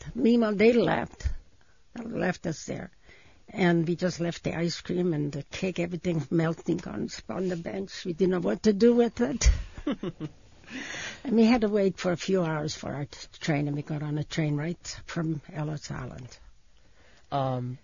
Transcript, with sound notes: Meanwhile, they left, and left us there, and we just left the ice cream and the cake, everything melting on the bench. We didn't know what to do with it. (laughs) And we had to wait for a few hours for our train, and we got on the train right from Ellis Island.